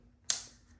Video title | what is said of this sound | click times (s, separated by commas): Coolest way to stay visible on the road - Gelrova Led Backpack Unboxing & Review | Hear that lock? Now it's not gonna move anywhere. | 0.3 s